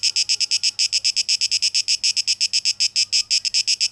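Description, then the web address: Cicada song as fast pulsed buzzing, dry and shrill, continuing without pause across the whole stretch. Cicadas recorded on 12 August 2023. "rauschpartikel Audio 2023-08-12 Zikaden"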